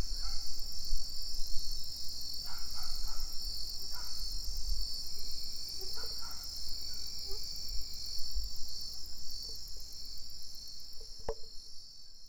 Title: Tinun, Tenabo, Camp., México - Grillos en Ciruelos